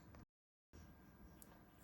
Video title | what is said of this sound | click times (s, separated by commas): Apex Tactical "Flatty" trigger installation for the M&P 2.0 | out of the way and it should kind of lock into place | 1.4 s